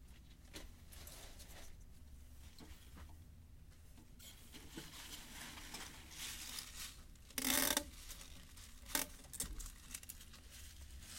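Harvested mizukake greens are being bundled and taped for shipping. Soft rustling and scattered light clicks run over a steady low hum, with a loud, rasping burst near seven and a half seconds, like tape pulling, and a sharper snap around nine seconds.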